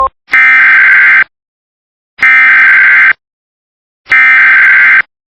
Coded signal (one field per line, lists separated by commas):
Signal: Emergency Alert System (SAME) tones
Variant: header bursts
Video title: EAS recreation: ok